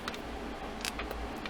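An aluminium bottom case of a MacBook Pro 2017 A1708 laptop is being handled and pushed down on its left side so its clips can snap into the chassis. Brief ticks and light handling taps are heard at about 0.1, 0.9, 1.0 and 1.5 seconds over a steady low background hum. Nothing has clicked or seated yet.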